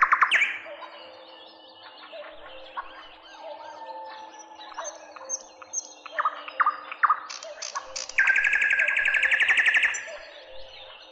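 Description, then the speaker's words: Nightingale song: a loud opening note, varied clicks and whistles, then a long, rapid, pulsing trill near the end. Sings in spring in a forest from nearby bushes, after dawn as the sun rises higher and some birds fall silent. "Начинает петь соловей."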